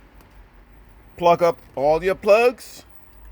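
Wire harness plugs are handled at the clock spring connectors during a steering wheel clock spring replacement, with a faint tick near 0.2 s under low background noise. Someone talks from about 1.2 s to 2.6 s. Nothing has seated or clicked into the clock spring yet.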